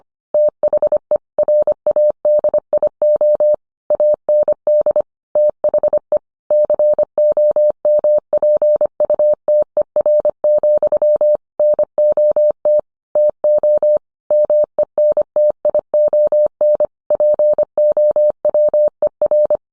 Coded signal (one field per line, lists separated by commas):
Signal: Morse code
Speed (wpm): 25 wpm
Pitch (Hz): 600 Hz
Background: none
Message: THE RADIO AND THE COMPUTER, NOT TO MENTION POWER